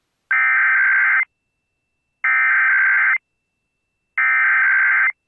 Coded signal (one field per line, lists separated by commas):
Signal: Emergency Alert System (SAME) tones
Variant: header bursts